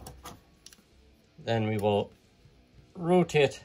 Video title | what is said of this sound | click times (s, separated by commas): How to Transform Studio Series Gamer Edition Barricade | and lift this panel up and it just snaps into place | 0.7 s